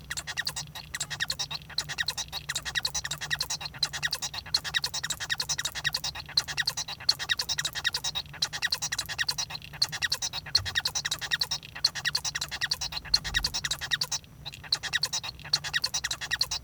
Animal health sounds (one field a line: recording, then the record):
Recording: song of a male Bengalese finch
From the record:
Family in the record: son of father 1